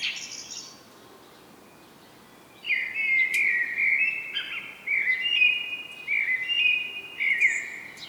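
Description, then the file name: Common blackbird song: a long, flowing run of mellow, fluty warbles with high squeaky flourishes, after a brief high call and a quiet pause. "Turdus merula"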